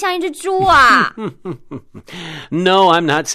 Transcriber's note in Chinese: Laughing